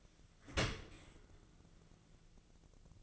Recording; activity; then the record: daily activity, microphone in the room; open dishwasher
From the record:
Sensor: 4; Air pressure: 1001.3 hPa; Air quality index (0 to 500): 178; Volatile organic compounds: 2 ppm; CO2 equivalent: 1275 ppm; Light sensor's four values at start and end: 11/26/11/11 and 11/26/11/11